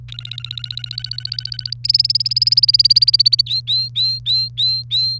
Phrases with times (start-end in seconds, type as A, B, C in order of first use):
0.09-1.73 A, 1.84-3.42 B, 3.46-5.18 C